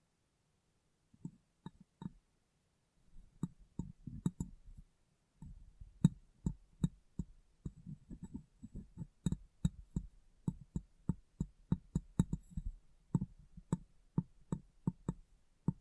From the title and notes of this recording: ASMR Glass Brain Tapping & Cleaning (No Talking).